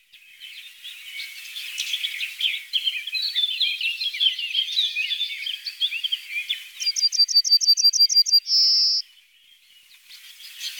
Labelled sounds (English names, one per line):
Yellowhammer song